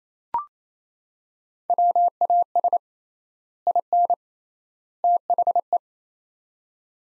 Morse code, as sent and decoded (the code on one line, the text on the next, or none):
.-- .- ... / .. -. / - .... .
WAS IN THE